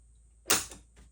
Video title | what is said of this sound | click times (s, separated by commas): HILTI ProKit Trolley and Modular Storage System - NEW | You hear that click? It stayed down and engaged and then disengaged and then it goes back up. | 0.5 s